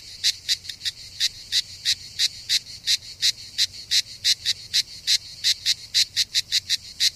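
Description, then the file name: Cicada call of short rasping pulses repeated about three times a second, somewhat irregular in spacing, with a faint low hum underneath. Recorded 3 September 2009, around 07:33 in the morning. "Cigales"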